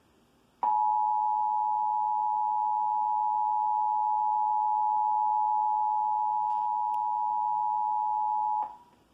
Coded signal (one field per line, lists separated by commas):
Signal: Emergency Alert System (SAME) tones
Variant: 853 and 960 Hz attention tone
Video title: EAS #280: Required Monthly Test - Indiana (11/21/2019) (Comcast)